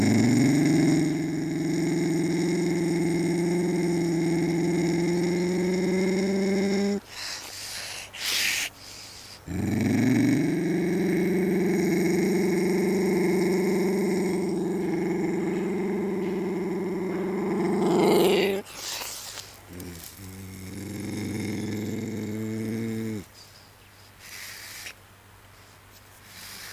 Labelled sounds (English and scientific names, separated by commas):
Ocelot (Leopardus pardalis) call